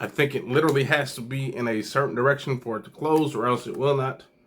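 Someone talks while handling the cap of a Fragrance World (French Avenue) Elysian fragrance bottle, working it back onto the bottle, which only closes when lined up in a certain direction and pushed forcefully. Nothing has seated or clicked yet by the end of the clip.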